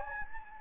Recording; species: mosquito wingbeat signal from an infrared sensor; Anopheles gambiae